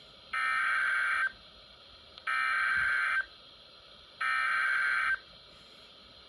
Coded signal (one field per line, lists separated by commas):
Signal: Emergency Alert System (SAME) tones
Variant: header bursts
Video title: EAS 366, Flood Warning but huge